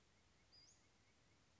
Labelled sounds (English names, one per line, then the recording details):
Western Flycatcher
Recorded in Sonoma County, California